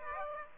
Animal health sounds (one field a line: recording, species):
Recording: mosquito wingbeat signal from an infrared sensor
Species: Aedes aegypti